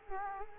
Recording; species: mosquito wingbeat signal from an infrared sensor; Culex quinquefasciatus